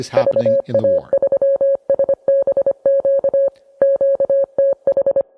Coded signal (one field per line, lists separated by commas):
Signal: Morse code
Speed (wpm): 25 wpm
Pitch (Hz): 550 Hz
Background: speech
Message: VA3SBQ QTH